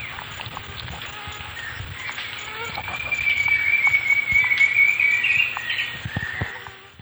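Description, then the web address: Ocellated woodcreeper song, a long, thin whistle near the middle, over steady insect buzzing and scattered short sounds. Eastern lowlands of South America. "Natures Songs S America Eastern Lowlands. Ocellated Woodcreeper"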